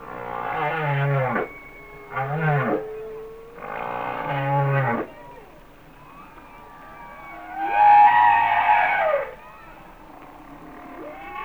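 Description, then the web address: Humpback whale song: three grunting harmonic units in quick succession, then a long loud wavering moan, with a faint low rumble underneath. "Natures Songs Whale Songs Sounds of Nature - Humpback Whales"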